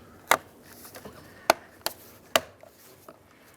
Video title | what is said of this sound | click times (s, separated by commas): How to Replace Front Window Regulator 2002-06 Toyota Camry | and it should snap into place there | 0.3 s, 1.5 s, 1.9 s, 2.4 s